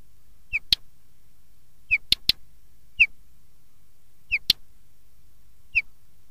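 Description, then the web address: Chat calls: brief falling whistles, each paired with hard stony clicking ticks, repeated every one to two seconds in otherwise quiet surroundings. "Son Sons Oiseaux Tarier"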